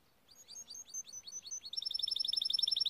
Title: Canary Bird Singing - Timbrado training video